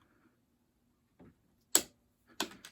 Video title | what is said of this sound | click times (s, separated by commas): How To Install CL350 Front Forks-Vintage Honda Restoration: Part 97 | we're gonna be torquing until we hear it snap | 1.8 s